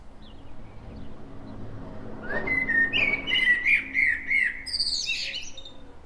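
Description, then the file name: Common blackbird song: after about two quiet seconds, a mellow fluted warble runs into a thin, squeaky high twitter. "Turdus merula"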